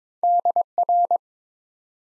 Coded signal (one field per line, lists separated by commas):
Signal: Morse code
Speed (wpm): 22 wpm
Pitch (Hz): 700 Hz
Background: none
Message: DR